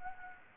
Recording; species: mosquito wingbeat signal from an infrared sensor; Anopheles gambiae